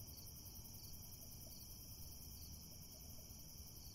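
Crickets trilling continuously, their high rhythmic pulses unbroken against a soft low background hum.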